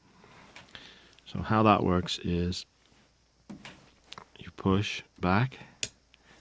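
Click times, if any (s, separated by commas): 5.8 s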